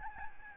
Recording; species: mosquito wingbeat signal from an infrared sensor; Aedes albopictus